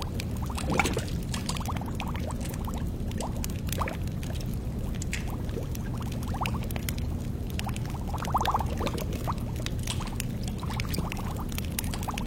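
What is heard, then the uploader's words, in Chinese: Bubbling and gurgling from lab glassware sits over a steady low rumble, with fireplace crackle sending sharp, irregular snaps throughout. Fuller bursts of bubbling swell briefly near the start and again around eight seconds, while the crackling stays busy. 来自化学实验室的咕嘟声。壁炉燃烧。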